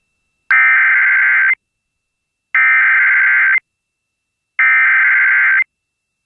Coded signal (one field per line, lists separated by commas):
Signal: Emergency Alert System (SAME) tones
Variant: header bursts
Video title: [EAS] WYFL - Tornado Warning Activation (2) - 8/8/2024